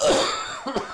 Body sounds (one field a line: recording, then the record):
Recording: coughing mixed with background sound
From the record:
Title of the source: Spring Allergy Coughing